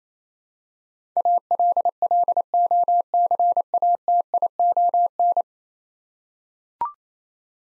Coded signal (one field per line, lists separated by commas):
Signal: Morse code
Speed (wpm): 28 wpm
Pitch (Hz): 700 Hz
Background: none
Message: ALLOCATION